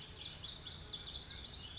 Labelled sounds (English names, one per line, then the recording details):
Pacific Wren
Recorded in Sonoma County, California